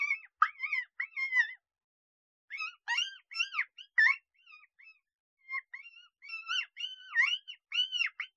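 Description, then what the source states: Coyote pups whining and yelping, high wavering squeals in quick bursts, some rising and falling, broken by short pauses. Vocalizations of coyote pups.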